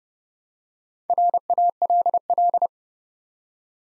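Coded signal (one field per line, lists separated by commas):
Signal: Morse code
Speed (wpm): 30 wpm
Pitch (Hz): 700 Hz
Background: none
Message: RALL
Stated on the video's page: Morse practice at 30 wpm, building 5-letter words one letter at a time for beginners working on instant character recognition.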